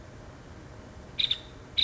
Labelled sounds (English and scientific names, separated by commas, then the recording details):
Nuttall's Woodpecker (Dryobates nuttallii)
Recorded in Sonoma County, California